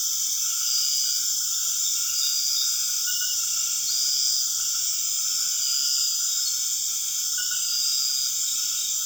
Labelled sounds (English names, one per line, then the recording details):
none
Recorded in secondary vegetation near Puerto Asís, Putumayo, Colombia, on 25 June 2025 at 19:30
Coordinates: 0.485, -76.322
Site GP06